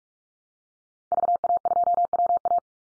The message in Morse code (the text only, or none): VA2WA